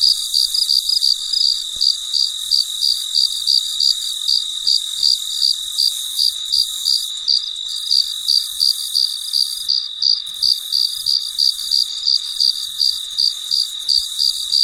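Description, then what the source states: Cricket chirps in a quick, even series, roughly three per second, above a continuous high-pitched background drone. Recorded late at night; described as very quiet and peaceful.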